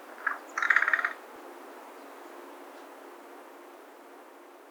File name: American Crow Corvus brachyrhynchos